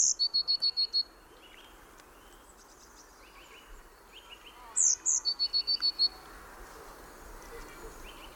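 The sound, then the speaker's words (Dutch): Blue tit song: two bursts of a high, thin note followed by a fast, evenly spaced trill, one at the start and one near the middle. A steady insect-like hiss runs underneath throughout. “Maar dit is de pimpelmees.”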